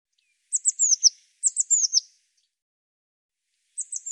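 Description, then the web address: Eurasian blue tit calls: two series of high, thin descending notes about a second apart, then a third series starting at the end. "cianscape birddata Deverinetal 2025 File cleaned normalized Bird Cy Ca"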